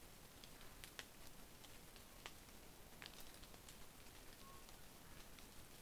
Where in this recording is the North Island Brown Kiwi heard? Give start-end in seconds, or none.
none